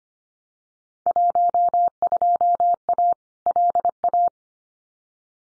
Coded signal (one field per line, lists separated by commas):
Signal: Morse code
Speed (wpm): 25 wpm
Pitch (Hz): 700 Hz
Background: none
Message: 12A LA